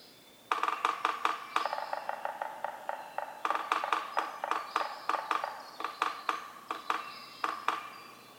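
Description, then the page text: Yellow-bellied Sapsucker drumming: two bouts, each a quick roll trailing off into slower, uneven taps, followed by further irregular taps to the end. Several drummers in a community using various substrates; recorded 6:22–6:50 a.m., starting 15 minutes before sunrise, April 24, 2018, Atlanta, Michigan; stereo recording. "Yellow-bellied sapsucker: My favorite community of drummers, this one recorded beginning 15 minutes before sunrise and continuing well after."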